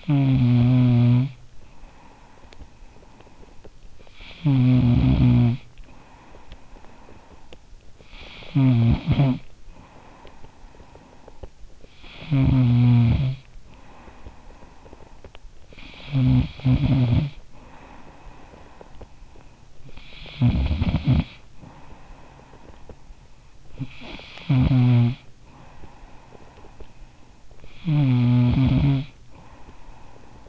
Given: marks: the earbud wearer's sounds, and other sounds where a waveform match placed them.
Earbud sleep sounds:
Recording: sounds in sleep by an in-ear microphone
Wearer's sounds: snoring breath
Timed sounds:
0.00-30.49 s: snoring breath

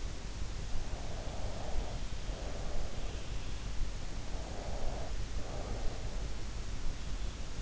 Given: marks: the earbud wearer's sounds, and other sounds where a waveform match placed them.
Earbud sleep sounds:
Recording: sounds in sleep by an in-ear microphone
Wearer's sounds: breath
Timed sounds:
1.09-2.75 s: breath
4.44-6.00 s: breath

